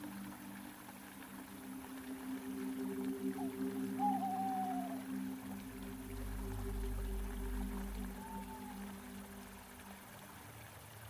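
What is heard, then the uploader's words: An elven village ambience built on a steady, layered low hum with a soft hiss of flowing water underneath. A brief gliding hummed note rises and falls around four seconds, and another shorter one near eight seconds, while a deep rumble swells midway and fades. Water fall. Elven village ambience |soft humming&singing. Reading poem. Water flow.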